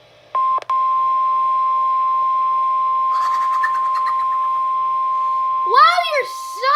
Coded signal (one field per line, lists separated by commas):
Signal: Emergency Alert System (SAME) tones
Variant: 1050 Hz attention tone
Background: speech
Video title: Required Weekly Test (EAS#18)